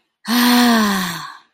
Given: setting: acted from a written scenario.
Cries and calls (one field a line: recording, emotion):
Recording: vocal sound without words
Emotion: relief